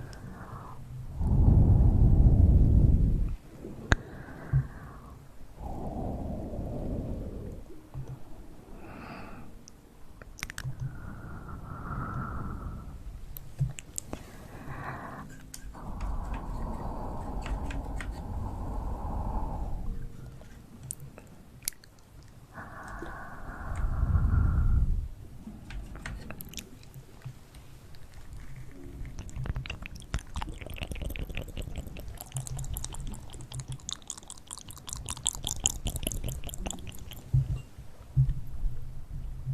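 Hand movements and mouth sounds come in bursts, heavy low thumps near the start and around 25 seconds, then crisp clicks and rustling later.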